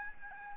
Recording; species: mosquito wingbeat signal from an infrared sensor; Aedes albopictus